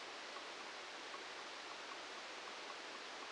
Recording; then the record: brain microelectrode recording played as sound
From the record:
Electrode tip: outside the subthalamic nucleus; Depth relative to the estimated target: -8 mm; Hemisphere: left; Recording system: NeuroSet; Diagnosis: Parkinson's disease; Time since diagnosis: 10 years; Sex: male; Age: 56 years